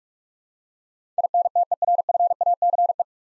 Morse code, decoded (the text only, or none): INTERFACE